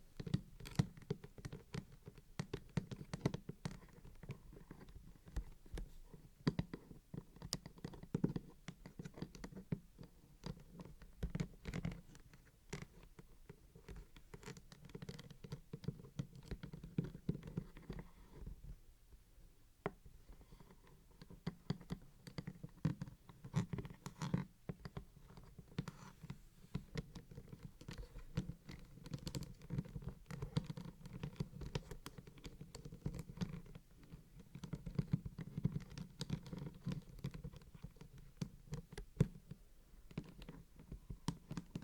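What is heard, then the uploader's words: A microphone unboxing: continuous crinkling, scratching and tapping as packaging is handled, with dense clusters of sharp clicks throughout. A low, full thump underlies much of it, and the handling briefly goes quiet around nineteen seconds before resuming at the same busy pace. Crisp and Bassy Microphone Unboxing. No Talking.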